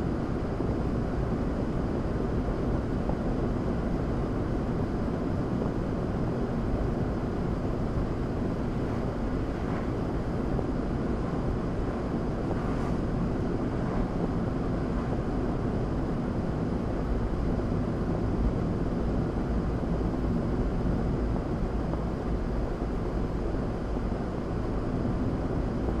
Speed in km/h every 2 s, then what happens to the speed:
79, 77, 76, 76, 79, 79, 76, 72, 71, 69, 69, 71, 72.
0-10 steady at about 77. 10-17 slows to 69. 17-26 steady at about 69.